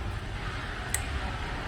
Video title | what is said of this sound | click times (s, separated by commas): Accumulator Charging | now we can hear the click | 0.9 s